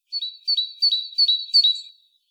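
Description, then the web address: Great tit giving a fast run of about five clear two-part whistled notes, each sharp and slightly falling, in a quick steady rhythm. "SETE data Parus major"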